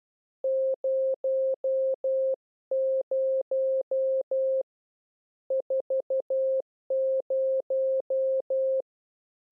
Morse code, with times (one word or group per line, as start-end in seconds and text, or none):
0.4-4.6 00
5.5-8.8 40